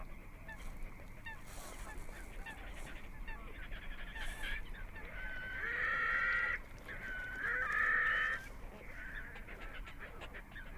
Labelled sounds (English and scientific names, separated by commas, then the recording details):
Red-necked Grebe (Podiceps grisegena) call
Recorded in the wild
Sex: diverse
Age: adult
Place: Kützerhof, Kummerower See, Mecklenburg-Vorpommern, DE
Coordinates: 53.8544, 12.8656
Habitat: wetland
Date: 2011-04-18 23:10
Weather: clear, full moon, 10°C, weak northerly winds
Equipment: Sound Devices 702, Sennheiser MKH 70, Rycote Windschutz
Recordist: Frommolt, Karl-Heinz